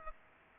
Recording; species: mosquito wingbeat signal from an infrared sensor; Aedes aegypti